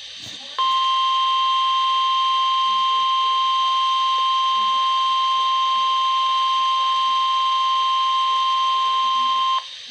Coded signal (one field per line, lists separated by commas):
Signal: Emergency Alert System (SAME) tones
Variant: 1050 Hz attention tone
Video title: EAS: WXL40 Weekly Test (5/13/20)(EAS #335)